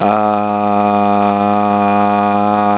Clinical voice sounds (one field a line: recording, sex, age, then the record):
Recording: sustained vowel /a/ by telephone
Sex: male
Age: 20 to 29 years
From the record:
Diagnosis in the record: healthy control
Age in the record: 28 years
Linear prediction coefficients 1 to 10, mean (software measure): 1.74, -1.11, 0.21, -0.21, 0.17, 0.23, -0.13, -0.52, 0.70, -0.25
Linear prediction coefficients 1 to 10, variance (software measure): 0.023, 0.063, 0.062, 0.055, 0.034, 0.020, 0.019, 0.027, 0.042, 0.010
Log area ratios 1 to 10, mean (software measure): -2.49, 2.19, -0.39, 0.08, -0.33, 0.19, 0.28, -0.44, -0.55, 0.52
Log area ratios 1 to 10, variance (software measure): 0.010, 0.056, 0.057, 0.037, 0.081, 0.029, 0.021, 0.032, 0.020, 0.047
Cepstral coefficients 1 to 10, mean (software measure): 1.74, 0.42, 0.04, -0.29, -0.31, 0.03, 0.21, -0.24, 0.04, 0.08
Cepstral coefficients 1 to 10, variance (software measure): 0.023, 0.010, 0.008, 0.004, 0.002, 0.002, 0.004, 0.003, 0.001, 0.002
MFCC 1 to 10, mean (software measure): -3.19, 1.73, -0.55, -0.49, -0.02, 0.60, -0.50, 0.97, 0.21, -0.80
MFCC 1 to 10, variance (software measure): 0.102, 0.013, 0.019, 0.016, 0.023, 0.049, 0.027, 0.024, 0.012, 0.016